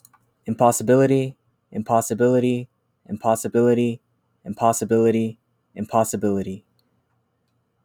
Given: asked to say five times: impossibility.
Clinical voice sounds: repeated word; male; 20 to 29 years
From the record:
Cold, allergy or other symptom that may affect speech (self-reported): no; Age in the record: 26 years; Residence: Pennsylvania, United States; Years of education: 16

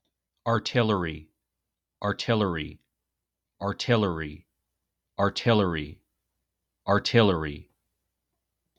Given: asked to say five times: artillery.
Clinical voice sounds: repeated word; male; 40 to 49 years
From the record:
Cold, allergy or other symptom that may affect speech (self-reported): no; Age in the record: 42 years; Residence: Minnesota, United States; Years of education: 16

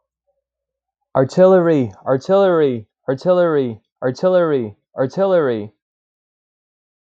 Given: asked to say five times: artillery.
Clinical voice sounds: repeated word; male; 20 to 29 years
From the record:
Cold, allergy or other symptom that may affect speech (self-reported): no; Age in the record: 27 years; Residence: Virginia, United States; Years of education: 16

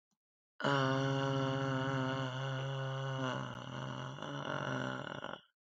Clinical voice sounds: vowel held as long as possible; female; 50 to 59 years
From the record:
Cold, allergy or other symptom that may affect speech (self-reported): no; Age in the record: 50 years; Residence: Colorado, United States

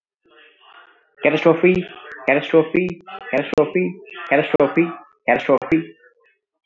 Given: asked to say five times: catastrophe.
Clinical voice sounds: repeated word; male; 30 to 39 years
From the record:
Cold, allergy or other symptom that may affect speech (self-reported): no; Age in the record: 32 years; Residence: India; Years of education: 10

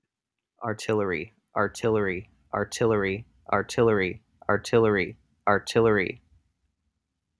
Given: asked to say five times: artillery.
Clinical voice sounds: repeated word; male; 20 to 29 years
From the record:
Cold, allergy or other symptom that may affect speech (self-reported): no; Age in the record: 28 years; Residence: Wisconsin, United States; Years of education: 12

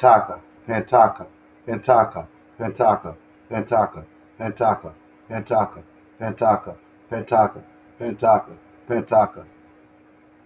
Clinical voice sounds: repeated syllables /pa ta ka/; male; 40 to 49 years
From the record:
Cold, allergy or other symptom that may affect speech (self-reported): no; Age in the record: 46 years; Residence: Arkansas, United States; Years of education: 13

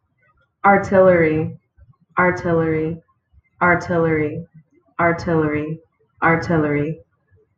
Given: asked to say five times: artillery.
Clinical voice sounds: repeated word; female; 30 to 39 years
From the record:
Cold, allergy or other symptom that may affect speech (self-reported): no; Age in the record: 30 years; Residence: Oklahoma, United States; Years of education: 13

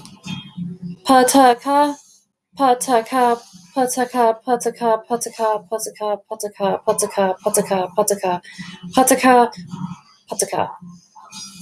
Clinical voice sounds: repeated syllables /pa ta ka/; female; 40 to 49 years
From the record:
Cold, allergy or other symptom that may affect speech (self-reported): no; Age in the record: 41 years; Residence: Michigan, United States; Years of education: 12

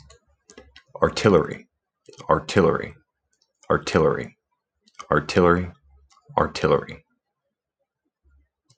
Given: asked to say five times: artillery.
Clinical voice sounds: repeated word; male; 30 to 39 years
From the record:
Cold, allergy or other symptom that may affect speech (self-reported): no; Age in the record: 33 years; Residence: Virginia, United States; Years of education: 16

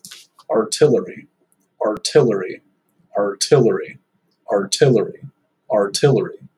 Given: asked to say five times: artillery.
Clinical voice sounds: repeated word; male; 20 to 29 years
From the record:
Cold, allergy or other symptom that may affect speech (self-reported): no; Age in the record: 21 years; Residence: Indiana, United States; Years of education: 14

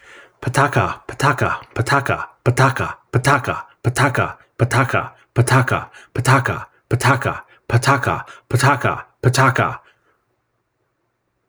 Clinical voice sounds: repeated syllables /pa ta ka/; male; 40 to 49 years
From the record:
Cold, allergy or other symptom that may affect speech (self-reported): no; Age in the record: 41 years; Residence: North Carolina, United States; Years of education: 16

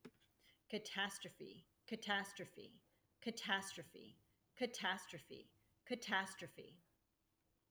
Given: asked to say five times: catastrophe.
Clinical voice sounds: repeated word; female; 40 to 49 years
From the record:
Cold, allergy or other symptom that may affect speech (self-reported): no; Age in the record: 48 years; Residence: Arizona, United States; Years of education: 16

